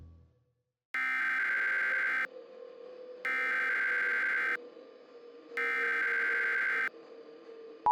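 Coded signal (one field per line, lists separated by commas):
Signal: Emergency Alert System (SAME) tones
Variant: header bursts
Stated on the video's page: Fictional EAS scenario about a catastrophic eruption following New Madrid–type earthquakes.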